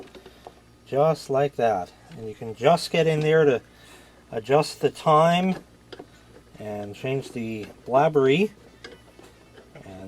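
Someone talks while refitting the quartz movement and hands of a Jim Beam neon clock, trying to thread or seat the movement nut or hand onto the movement shaft, with a few faint small ticks between the words. The part is not screwing in and nothing has seated or clicked yet.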